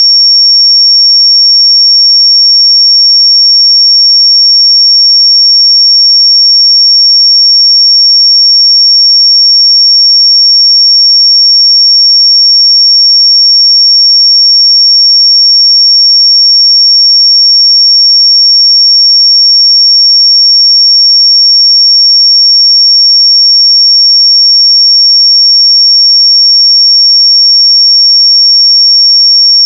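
A pure sine tone at 5509 Hz holds perfectly steady for the full thirty seconds, a single thin, bright whistle with no wavering in pitch or loudness. Nothing else sounds beneath or around it; the background is silent.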